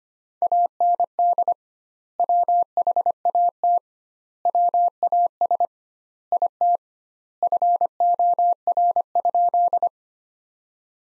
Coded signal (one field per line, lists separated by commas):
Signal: Morse code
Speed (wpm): 25 wpm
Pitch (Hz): 700 Hz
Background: none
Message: AND WHAT WAS IT FOR?